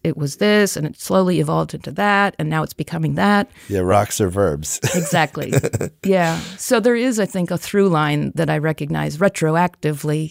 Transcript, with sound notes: It was this and it slowly evolved into that, and now it’s becoming that.
Yeah, rocks are verbs. [Laughs]
Exactly. Yeah, so there is, I think, a through line that I recognize, retroactively,